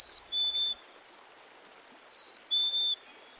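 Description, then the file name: Black-capped chickadee song: two clear whistled notes, a higher one sliding to a slightly lower one, given twice about two seconds apart over a soft background hiss. Male black-capped chickadee song, sung mostly in spring and distinct from its chickadee-dee call. "Dan Gibson s - Nature Trails 1991-04 Black-Capped Chickadee"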